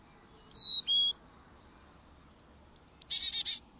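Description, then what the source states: Carolina chickadee call, two clear whistled notes, the second a little lower, then after a pause a quick burst of buzzy chattering notes. Calls 'chickadee' with its own regional accent; found in the southeastern U.S.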